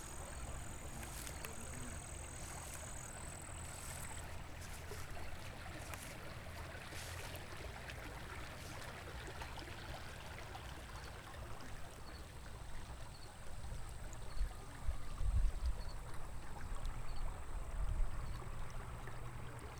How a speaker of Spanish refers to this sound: Soy el agua a 300 metros de mi casa. Soy la cascada.